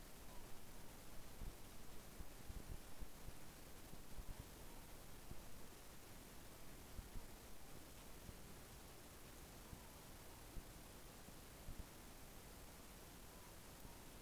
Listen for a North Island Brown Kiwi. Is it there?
no